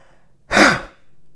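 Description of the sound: A single demonstrated huff cough (forced expiration technique) by an adult: a brief breathy burst of airflow, used to cough up loosened mucus without voice instead of clearing the throat. The sound comes from the airflow, not the vocal folds touching, sparing the vocal folds the strain of a normal cough.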